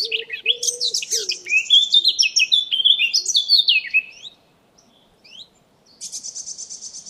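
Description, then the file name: Eurasian blackcap song: a fast, scratchy warble of varied notes for about four seconds, then after a short pause a buzzy chattering burst, with faint low tones beneath. "Sylvia atricapilla"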